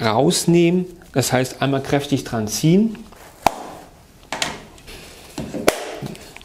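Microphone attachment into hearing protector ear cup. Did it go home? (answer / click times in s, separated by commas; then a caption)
yes / 5.7 s. Someone talks, then the side plug is pulled out of a hearing protector ear cup with a firm tug and a microphone boom attachment is pushed into the socket. There are several short knocks and handling sounds, then a sharp click at 5.7 s as the microphone attachment seats in the ear cup, ready to use.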